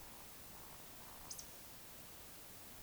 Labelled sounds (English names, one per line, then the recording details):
Eurasian Woodcock whistle
Eurasian Woodcock croak
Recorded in Baden-Württemberg, Germany, on 20 May 2021 at 19:55 UTC
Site 24606, 635 m above sea level